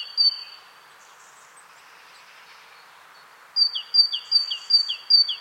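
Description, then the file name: Great tit: a single high-then-low note pair, a quiet gap, then a rhythmic series of about five two-note pairs, high whistle dropping to a lower note. "Parus major"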